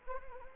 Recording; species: mosquito wingbeat signal from an infrared sensor; Anopheles arabiensis